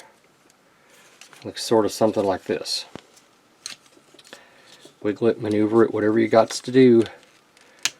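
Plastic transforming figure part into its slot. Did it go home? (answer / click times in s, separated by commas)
yes / 7.8 s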